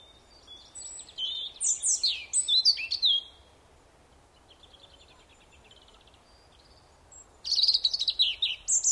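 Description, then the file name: European robin song: a high, tumbling phrase of thin sliding notes lasting about two seconds, a quiet gap with soft twittering, then another fast, bright phrase. "Erithacus rubecula"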